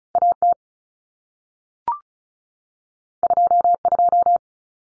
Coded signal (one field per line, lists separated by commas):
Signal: Morse code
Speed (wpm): 36 wpm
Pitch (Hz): 700 Hz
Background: none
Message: AT 22